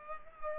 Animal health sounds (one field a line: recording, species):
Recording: mosquito wingbeat signal from an infrared sensor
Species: Culex pipiens